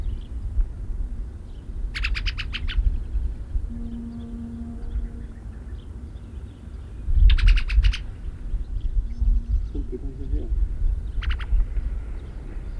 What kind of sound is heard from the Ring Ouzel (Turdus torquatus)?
call